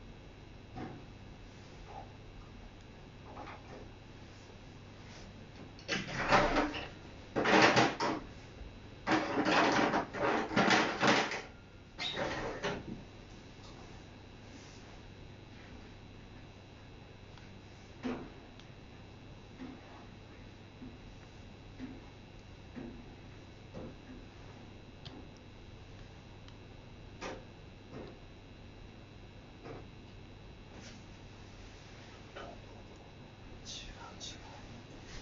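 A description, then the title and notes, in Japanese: Everyday household sounds: a steady low hum runs throughout, with a cluster of loud clattering and rustling bursts between about 6 and 13 seconds. After that, only scattered soft ticks and small knocks break the quiet every few seconds. 生活音。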